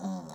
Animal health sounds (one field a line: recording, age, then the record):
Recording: pig call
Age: piglet (1 to 25 days)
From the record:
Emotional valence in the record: negative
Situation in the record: short isolation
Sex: female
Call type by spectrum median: low-frequency call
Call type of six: mixed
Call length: 0.35 s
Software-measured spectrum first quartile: 194 Hz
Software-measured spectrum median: 334 Hz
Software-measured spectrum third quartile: 1028 Hz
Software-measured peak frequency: 194 Hz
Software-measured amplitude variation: 89 dB a second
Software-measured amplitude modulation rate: 12.9 a second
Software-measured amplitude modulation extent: 6.9 dB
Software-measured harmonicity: 6.5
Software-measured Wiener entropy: -0.72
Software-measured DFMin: 1359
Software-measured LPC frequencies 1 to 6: 805, 3856, 5500, 6090, 6964, 7725 Hz